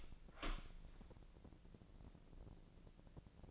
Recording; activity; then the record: daily activity, microphone in the room; open door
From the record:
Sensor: 5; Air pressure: 1012.4 hPa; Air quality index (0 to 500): 158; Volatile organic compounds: 2 ppm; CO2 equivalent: 1082 ppm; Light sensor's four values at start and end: 214/518/217/239 and 219/531/223/245